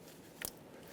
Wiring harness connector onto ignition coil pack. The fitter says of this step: Install the connector. Push until you hear a click.